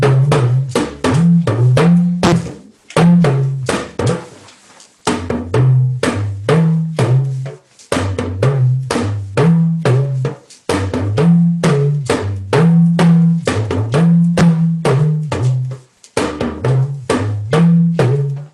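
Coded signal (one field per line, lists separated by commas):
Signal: talking drum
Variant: Yoruba dùndún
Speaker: that simply means welcome everybody we have been expecting every single uh one of you and did you arrive safely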